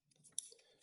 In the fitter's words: then with this closed you should not be able to pull these off they're locked into place so